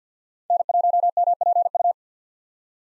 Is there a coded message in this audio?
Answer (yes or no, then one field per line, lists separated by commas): yes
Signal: Morse code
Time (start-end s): 0.5-1.9 s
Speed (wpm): 46 wpm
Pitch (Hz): 700 Hz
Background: none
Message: N1MPU